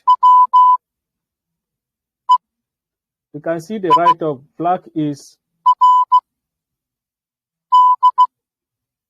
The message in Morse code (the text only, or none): WEIRD